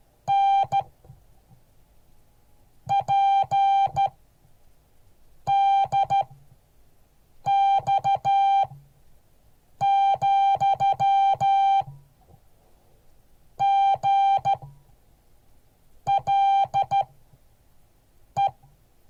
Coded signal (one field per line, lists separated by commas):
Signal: Morse code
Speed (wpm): 13 wpm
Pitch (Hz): 790 Hz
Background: music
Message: N PDX , GLE